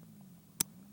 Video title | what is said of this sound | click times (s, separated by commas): Campingaz Bleuet Compact burner, CV 300 plus butane cartridge (Unboxing, Review, Usage) | makes a click | 0.6 s